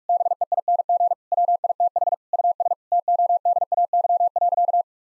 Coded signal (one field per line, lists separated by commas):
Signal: Morse code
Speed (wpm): 41 wpm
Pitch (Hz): 700 Hz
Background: none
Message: BEING WITH US TODAY.